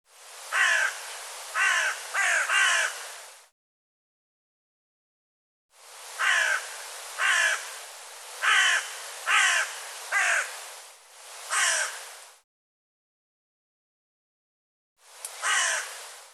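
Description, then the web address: Bird calling with loud, rasping caws in a few bursts, separated by silent gaps of a few seconds. "cianscape birddata Deverinetal 2025"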